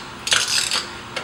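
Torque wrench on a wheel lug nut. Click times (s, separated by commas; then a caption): 1.2 s. A 1/2 inch torque wrench tightens a wheel lug nut on a Porsche Cayenne Turbo (955 & 957) in a star pattern. Ratcheting and mechanical sounds from about 0.3 s to 0.8 s are followed by a sharp click at 1.2 s, confirming 182 lb of torque.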